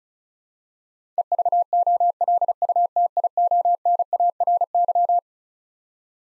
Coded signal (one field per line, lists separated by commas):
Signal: Morse code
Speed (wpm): 34 wpm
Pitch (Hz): 700 Hz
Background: none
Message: EVOLUTIONARY